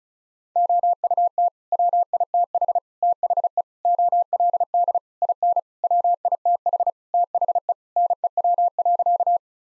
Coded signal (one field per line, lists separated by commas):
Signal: Morse code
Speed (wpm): 36 wpm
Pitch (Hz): 700 Hz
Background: none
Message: OUT WITH THE OLD IN WITH THE NEW.